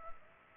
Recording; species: mosquito wingbeat signal from an infrared sensor; Culex pipiens